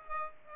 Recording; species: mosquito wingbeat signal from an infrared sensor; Aedes aegypti